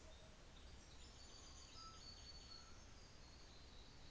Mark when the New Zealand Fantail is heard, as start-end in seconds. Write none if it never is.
0.61-3.73